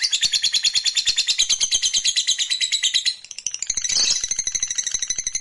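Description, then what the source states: Lovebird producing a rapid, high chattering trill, pausing briefly after three seconds with a squeaky burst, then resuming the fast trill. Fighter lovebird giving long ngekek trill.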